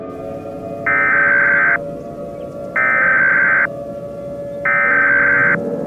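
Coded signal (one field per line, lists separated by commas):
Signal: Emergency Alert System (SAME) tones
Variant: header bursts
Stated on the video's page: Fictional EAS scenario, a simulated alert rather than a real broadcast.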